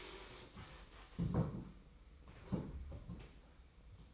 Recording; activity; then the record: daily activity, microphone in the room; stand up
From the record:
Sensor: 1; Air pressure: 990.4 hPa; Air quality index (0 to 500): 152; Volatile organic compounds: 1000 ppm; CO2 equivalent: 5492 ppm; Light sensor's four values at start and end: 32/75/32/35 and 32/75/32/35